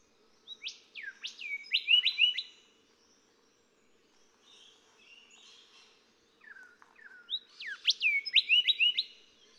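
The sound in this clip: Golden whistler singing two loud whistled phrases of quick ringing whip notes, with softer twittering between them.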